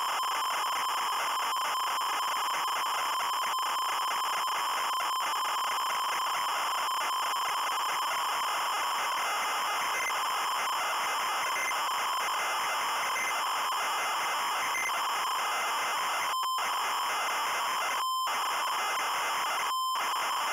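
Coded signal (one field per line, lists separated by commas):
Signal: ZX Spectrum tape loading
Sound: harsh continuous screeching buzz of rapidly alternating tones, with a few short dropouts near the end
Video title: Higuain a un paso del Barcelona (ZX Spectrum) - Loading screen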